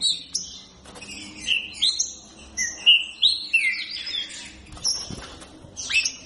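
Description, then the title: Green-winged saltator song: loud slurred whistles rising and falling, with thin high chirps mixed in. Captive-bred bird; song style called voice 07 (Voz 07). "Trinca Ferro Atrevido Criatorio Virtude (Criado pelo Trincas da Garoa)"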